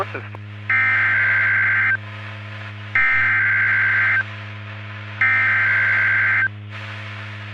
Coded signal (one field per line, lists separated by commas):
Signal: Emergency Alert System (SAME) tones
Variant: header bursts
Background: speech